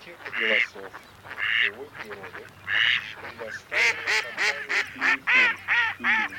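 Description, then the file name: Mallard quacking: loud nasal quacks, first spaced about a second apart, then a quicker run of quacks. Mallard recording made for use in an electronic hunting decoy caller. "Кряква"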